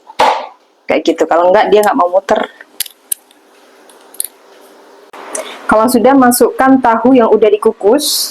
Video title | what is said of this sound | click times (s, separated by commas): Pepes dan Bola Bola Tahu Tanpa Tepung, Gula, Minyak, Kelapa | kita siapkan food processornya saya pakai mereknya Philips pastikan dia Sampai bunyi klik | 0.2 s